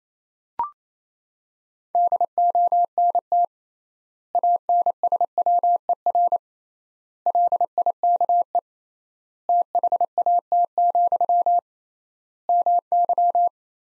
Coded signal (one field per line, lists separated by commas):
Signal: Morse code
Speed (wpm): 27 wpm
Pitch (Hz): 700 Hz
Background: none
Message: DONT ANSWER LIKE THAT, MY